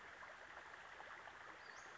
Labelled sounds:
Western Flycatcher
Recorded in Sonoma County, California

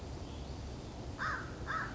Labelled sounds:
American Crow
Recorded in Sonoma County, California

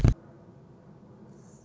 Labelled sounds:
Anna's Hummingbird
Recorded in Sonoma County, California

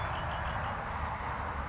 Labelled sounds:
Red-winged Blackbird
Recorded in Sonoma County, California

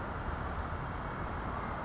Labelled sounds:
California Towhee
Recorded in Sonoma County, California

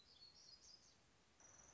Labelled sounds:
Black-throated Gray Warbler
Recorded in Sonoma County, California

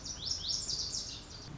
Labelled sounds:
Lazuli Bunting
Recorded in Sonoma County, California

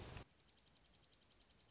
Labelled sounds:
Dark-eyed Junco
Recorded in Sonoma County, California

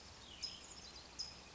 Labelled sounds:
California Towhee
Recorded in Sonoma County, California

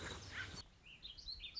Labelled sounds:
Warbling Vireo
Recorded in Sonoma County, California

